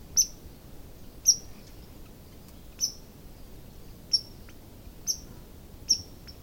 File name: red squirrel